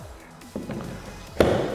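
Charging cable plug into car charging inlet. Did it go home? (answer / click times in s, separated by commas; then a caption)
yes / 1.4 s. The larger, vehicle end of the charging cable, the end with the dust cover, is pushed into the open charge inlet of a Mercedes-Benz CLA 250 e after its flap has been released. A few soft knocks at around 0.6–0.8 s lead to a sharp, loud click at 1.4 s as the plug seats in the inlet.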